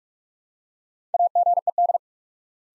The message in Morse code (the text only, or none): AGED